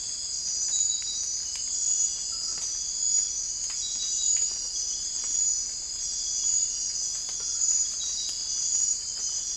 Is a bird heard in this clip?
no